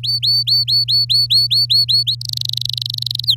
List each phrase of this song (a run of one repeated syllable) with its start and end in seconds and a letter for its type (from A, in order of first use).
0.03-2.15 A, 2.21-3.25 B, 3.26-3.35 C